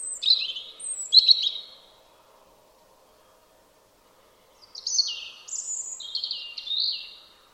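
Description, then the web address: European robin song in two bursts of high, fluty, tumbling notes separated by about three seconds of quiet. "Deverinetal 2025 File origin Bird Only Er Ru"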